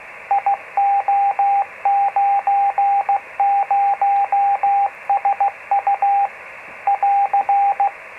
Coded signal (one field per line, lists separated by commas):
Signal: Morse code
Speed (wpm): 16 wpm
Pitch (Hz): 800 Hz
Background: radio noise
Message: IO90SU <AR>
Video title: 432.493MHz G4WTV 50mW Morse code beacon (Radiosonde transmitter)